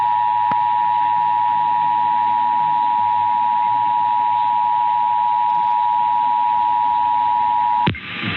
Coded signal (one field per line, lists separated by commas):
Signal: Emergency Alert System (SAME) tones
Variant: 853 and 960 Hz attention tone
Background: music